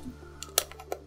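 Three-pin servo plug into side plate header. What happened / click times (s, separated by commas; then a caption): The small connector clicked into its header / 0.6 s. A three-pin servo connector is pushed into the header on the side plate of a dispenser mod kit. Several small clicks are heard over a low steady hum, and the strongest, at 0.6 s, marks the plug seating in the header.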